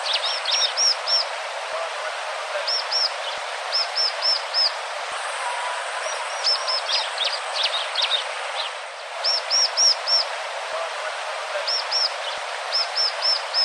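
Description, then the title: Bar-winged prinia giving repeated groups of high, clear arching notes, and a constant background hiss. "ciblek"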